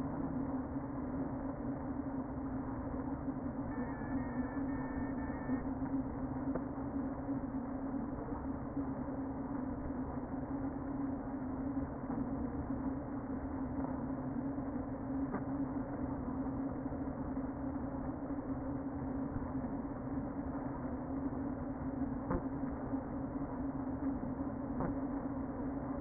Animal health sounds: honeybee colony, microphone inside the hive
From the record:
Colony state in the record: queen present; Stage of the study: before two queens were removed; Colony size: about 60,000 bees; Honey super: yes

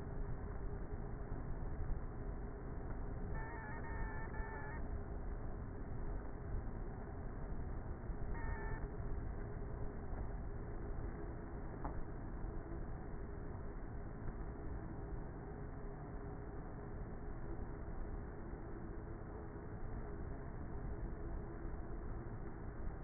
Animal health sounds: honeybee colony, microphone inside the hive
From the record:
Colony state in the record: queenless with a low population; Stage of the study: before two queens were removed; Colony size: about 30,000 bees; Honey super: no

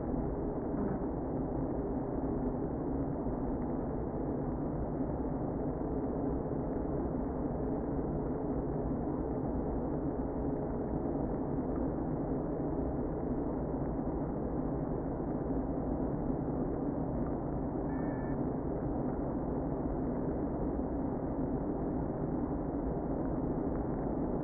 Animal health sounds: honeybee colony, microphone inside the hive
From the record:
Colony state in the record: queen present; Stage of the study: before two queens were removed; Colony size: about 60,000 bees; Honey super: yes

